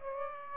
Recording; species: mosquito wingbeat signal from an infrared sensor; Aedes aegypti